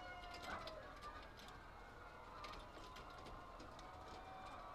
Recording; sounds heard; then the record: poultry house recording; healthy chickens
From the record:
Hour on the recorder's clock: 8